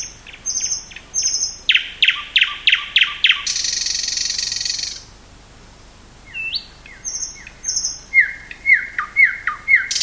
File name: thrush nightingale